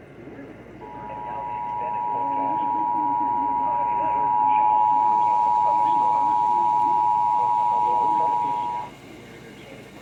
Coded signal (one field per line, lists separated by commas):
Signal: Emergency Alert System (SAME) tones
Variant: 853 and 960 Hz attention tone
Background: speech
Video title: EAS/NWR Alert or message #689-695: Ohio Required Monthly Test #2